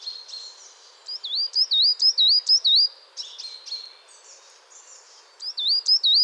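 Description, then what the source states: Coal tit calling with thin, high, wavy notes in quick runs of several, pausing between runs, over a faint steady background hiss. Chattering calls.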